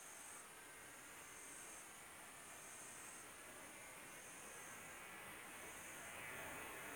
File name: montana